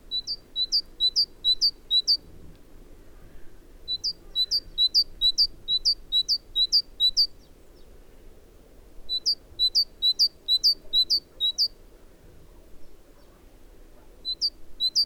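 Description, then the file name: Great tit calls: repeated fast runs of six to eight sharp, upward-hooked notes, each run followed by a short pause, over steady low background noise. "Parus major"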